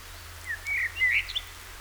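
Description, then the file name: Common blackbird warbling phrase of four or five short, mellow whistled notes, the last ones slightly higher and squeakier, over faint steady background hiss. "Turdus merula"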